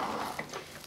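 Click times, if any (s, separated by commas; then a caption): none. The plastic hose end is pushed into the socket of an old Electrolux Z1435 Contour Chic upright vacuum cleaner, with soft rubbing and scraping noise and two brief sharp sounds at 0.4 s and 0.8 s. The hose has not clicked into place yet.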